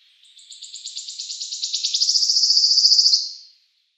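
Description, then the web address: Wood warbler singing one accelerating, high trill that swells into a dry, shimmering buzz before quickly fading out. "Schulze Peter Wood Warbler song"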